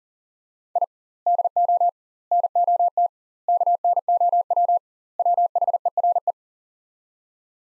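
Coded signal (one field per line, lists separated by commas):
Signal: Morse code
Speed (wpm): 37 wpm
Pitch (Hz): 700 Hz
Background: none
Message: I DO NOT KNOW WHERE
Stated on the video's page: Head-copy drill of five-word sets at 40 wpm with 2x word spacing, a Farnsworth-like method; each set sent, spoken, then sent again.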